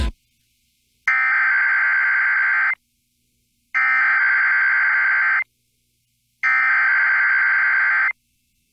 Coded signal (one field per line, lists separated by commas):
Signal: Emergency Alert System (SAME) tones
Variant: header bursts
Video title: EAS Severe Thunderstorm Watch #212 Kansas and Nebraska NOAA Weather Radio (SeaTTY)